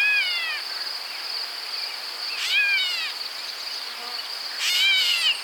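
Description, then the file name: Grey catbird giving nasal, cat-like mewing calls that slur downward, three in a row about two seconds apart, over a steady high insect drone. "Dumetella carolinensis - Grey Catbird"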